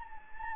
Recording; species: mosquito wingbeat signal from an infrared sensor; Anopheles gambiae